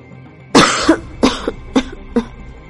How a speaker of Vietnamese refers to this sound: Triển Chiêu bị sặc bụi ho liên tục, ngước mắt liền thấy Bạch Ngọc Đường cũng đang bịt mũi miệng ho khan.